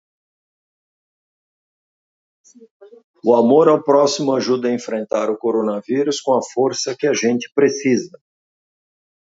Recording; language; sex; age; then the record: spoken sentence; Brazilian Portuguese; male; 60 to 69 years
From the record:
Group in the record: control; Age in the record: 60 years